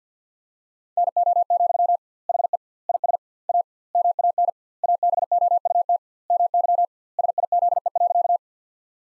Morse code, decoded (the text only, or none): NO, HE IS A MAN ABOUT MY SIZE.